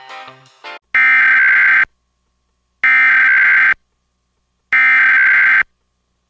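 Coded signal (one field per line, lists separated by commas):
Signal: Emergency Alert System (SAME) tones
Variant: header bursts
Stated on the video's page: Mock EAS with valid tones for a fictional severe thunderstorm warning, not real.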